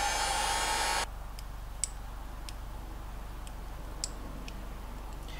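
A plastic wiring harness connector, used to tie a wideband to an AQ-1 datalogger over AEMNet, is pushed into its mating connector. A steady hiss fills the first second, then quieter faint ticks give way to sharp little clicks at 1.8 s and 4.0 s. The connector seats fully in.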